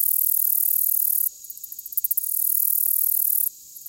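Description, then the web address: Black-legged meadow katydid song: a high, hissing buzz broken by a burst of rapid ticking pulses, the buzz stopping and restarting. "The Songs of Insects. Black-legged Meadow Katydid"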